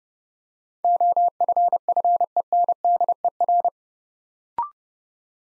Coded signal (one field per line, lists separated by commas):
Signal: Morse code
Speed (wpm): 28 wpm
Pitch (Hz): 700 Hz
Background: none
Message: OFFENDER